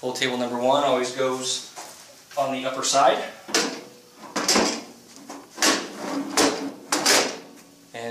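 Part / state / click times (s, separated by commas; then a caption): fold table into paper folder upper side / seated / 6.9 s. Fold table number one is fitted onto the upper side of a Martin Yale Mark VII paper folder while someone talks. A few handling knocks and thumps come first, then the table snaps into place with a sharp click at 6.9 s, seated.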